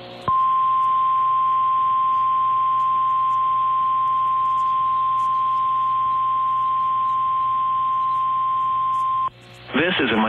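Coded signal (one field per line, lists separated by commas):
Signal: Emergency Alert System (SAME) tones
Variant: 1050 Hz attention tone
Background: speech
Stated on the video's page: Required monthly tests from NWS Spokane for the Great Shakeout drill, heard on NOAA Weather Radio WXM48 via a Reecom R-1630 receiver, and relayed by FM and TV stations.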